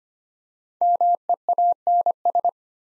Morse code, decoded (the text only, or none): MEANS